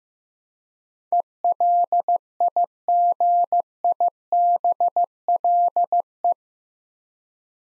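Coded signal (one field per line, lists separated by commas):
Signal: Morse code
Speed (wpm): 15 wpm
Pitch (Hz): 700 Hz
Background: none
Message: ELIGIBLE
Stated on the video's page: Morse practice drill of 8-letter words at 15 wpm; each word sent twice for head-copy.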